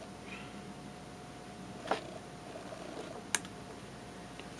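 A plastic snap-fit part is pressed onto the arm assembly of a 1/100 Master Grade Gundam Exia Ignition Mode model kit. After a softer tap near 1.9 seconds, one sharp, short click at 3.3 seconds stands out clearly against a quiet hum. The part snaps into place and is seated.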